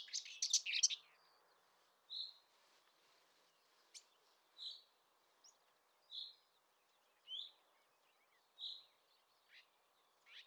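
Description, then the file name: Common chaffinch calls, short bright notes repeated about every one to one and a half seconds, after an opening burst of mixed chirps; a faint steady hiss underneath. "Fringilla coelebs"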